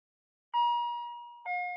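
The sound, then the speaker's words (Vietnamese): An elevator arrival chime rings alone: two clear bell-like tones, a higher ding that rings out for about a second, then a slightly lower dong, both smooth and gently decaying. “Tiếng chuông thang máy cắt ngang dòng suy nghĩ của Thắng.”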